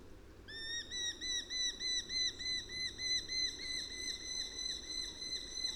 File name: Eurasian Hobby Calls From Adult Perched In Tree